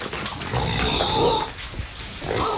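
Pigs grunt and squeal in a pig barn, a busy overlapping chorus of snorts and higher-pitched squeals that rises and falls over a few seconds, with no voices.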